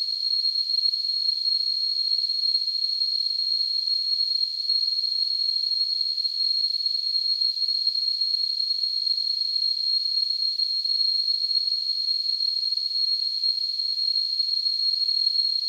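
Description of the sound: Simulated tinnitus: a steady, continuous high-pitched ringing tone near 4 kHz, wrapped in a narrow band of hiss. It holds at a constant loudness throughout, with no low-frequency content.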